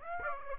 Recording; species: mosquito wingbeat signal from an infrared sensor; Aedes aegypti